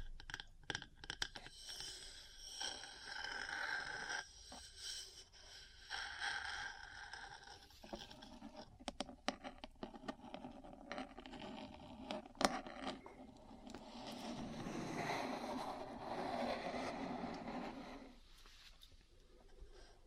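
Metal parts tap and scratch in irregular bursts, with sharp clicks scattered throughout and a bright clank near twelve seconds. Scraping swells come and go, the longest and loudest running from about fourteen to eighteen seconds before stopping abruptly.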